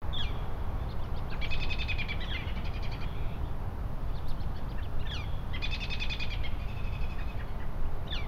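Bird calls: two bursts of rapid stacked chirps, with short descending notes between, over steady loud low rumbling background noise.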